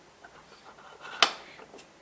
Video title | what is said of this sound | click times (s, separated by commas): How to fix sony wega projection TV lamp fixing errors(red light blinking 3 times) | can see you can hear a click that is the sound of the lever touching the sensor so | 1.2 s